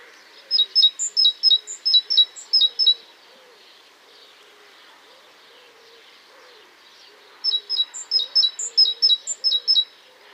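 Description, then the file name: Great tit song: two bouts of bright, repeated two-note high phrases, five or six in each, separated by a pause of about four seconds over faint background noise. "Cinciallegra"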